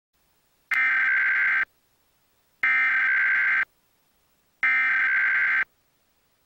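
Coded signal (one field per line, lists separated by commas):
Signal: Emergency Alert System (SAME) tones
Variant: header bursts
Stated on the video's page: Remixed simulated test with valid EAS tones, not a real broadcast.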